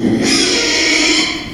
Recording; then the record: squeal of a Yucatan mini pig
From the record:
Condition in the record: after surgery on the right vocal fold (resection and tissue-engineered implant); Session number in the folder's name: 2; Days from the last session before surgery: 13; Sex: male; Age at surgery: 12 weeks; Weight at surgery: 13 kg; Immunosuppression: cyclosporine, prednisolone